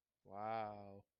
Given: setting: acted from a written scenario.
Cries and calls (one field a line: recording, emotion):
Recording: vocal sound without words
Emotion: romantic love